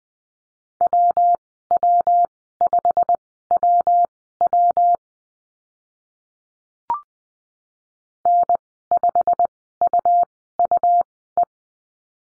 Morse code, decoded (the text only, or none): WW5WW N5UUE